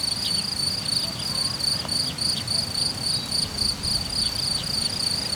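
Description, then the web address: Cricket chirps in fast, high pulsed bursts, over soft low background rumble. Cricket recorded in nature at Hortobágy in 2014, described as idyllic. "allathangok termeszetben tucsok professzionalis 2014 idilli balmikrofonraraszallorovar hortobagy"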